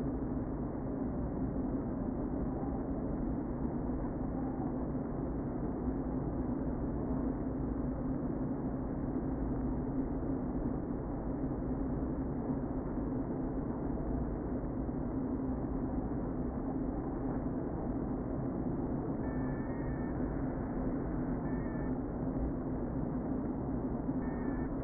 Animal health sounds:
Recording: honeybee colony, microphone inside the hive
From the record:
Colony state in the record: queen present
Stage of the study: before two queens were removed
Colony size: about 60,000 bees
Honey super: yes

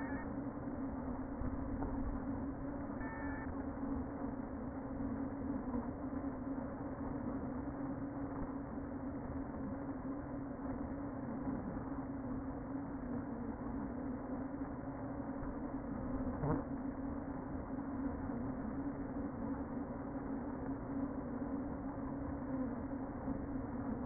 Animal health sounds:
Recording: honeybee colony, microphone inside the hive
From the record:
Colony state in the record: queen present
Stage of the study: before two queens were removed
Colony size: about 60,000 bees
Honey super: yes

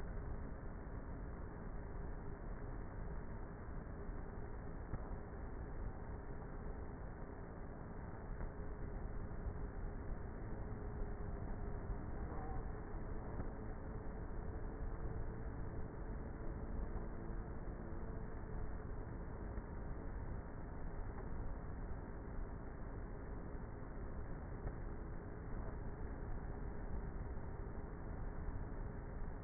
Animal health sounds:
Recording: honeybee colony, microphone inside the hive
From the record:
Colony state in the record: queenless with a low population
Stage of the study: before two queens were removed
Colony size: about 30,000 bees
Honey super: no

